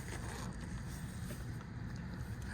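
A rubber spark plug boot is lined up over the spark plug on a 2000–2007 Chevy or GMC truck (Silverado, Avalanche, Sierra or Tahoe) during a misfire diagnosis, before being pushed home. Only a steady, low rumbling broadband noise is heard, with no impacts. Nothing has seated or clicked yet.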